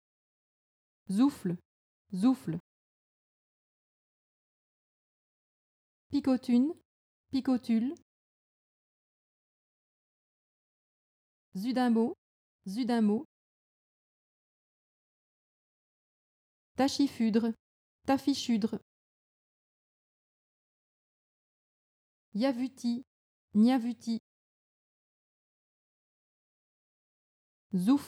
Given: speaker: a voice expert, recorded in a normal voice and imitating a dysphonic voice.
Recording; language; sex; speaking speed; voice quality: pseudo-word pairs; French; female; fast speed; normal voice